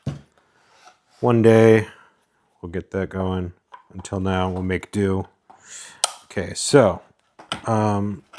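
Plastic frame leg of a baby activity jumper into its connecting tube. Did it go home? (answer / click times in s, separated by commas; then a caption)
no / none. Someone talks while handling a plastic frame leg of a Baby Einstein Neighborhood Symphony Activity Jumper, to be pushed into its connecting tube by pressing a small metal spring button. Nothing has seated or snapped in yet.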